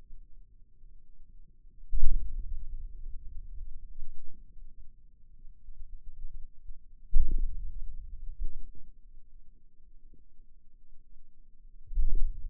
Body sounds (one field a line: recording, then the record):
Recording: forearm muscle sounds (acoustic myography)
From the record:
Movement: hand opening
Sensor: system 2, bracelet of six BSWA MPA416 microphones around the upper forearm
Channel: 1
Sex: male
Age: 22 years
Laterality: right